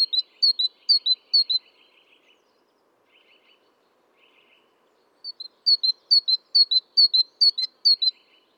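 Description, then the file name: Great tit song of repeated high-low paired whistles, a gap with quiet rattling chatter, then another run of the same two-note phrases. "Parus major"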